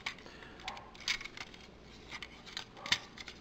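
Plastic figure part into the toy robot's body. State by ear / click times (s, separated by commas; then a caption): seated / 2.9 s. A plastic part of a Transformers Power of the Primes Rodimus Prime figure is pushed into the toy robot's body during a transformation, with scattered plastic clacks and scrapes. The part fits very snug and clicks into place at 2.9 seconds, locked and ready.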